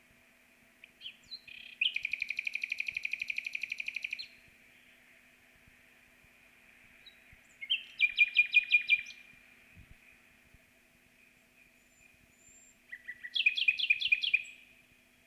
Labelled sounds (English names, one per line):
Common Nightingale song